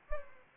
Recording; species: mosquito wingbeat signal from an infrared sensor; Anopheles gambiae